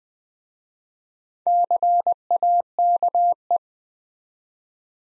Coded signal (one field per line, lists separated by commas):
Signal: Morse code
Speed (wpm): 20 wpm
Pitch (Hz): 700 Hz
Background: none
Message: CAKE